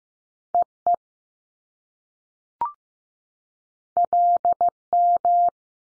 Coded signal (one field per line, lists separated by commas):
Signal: Morse code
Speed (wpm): 15 wpm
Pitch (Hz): 700 Hz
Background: none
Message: E EL M